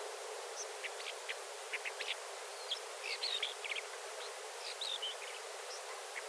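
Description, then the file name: Isabelline shrike uttering scattered short chirps and thin whistled notes, some buzzy and slurred, in irregular bursts against a hissy background. "Golosa ptic - Bulanyj zhulan Lanius isabellinus"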